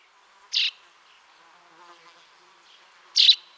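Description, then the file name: Common chaffinch calls: two short, sharp notes about two and a half seconds apart. "Fringilla coelebs"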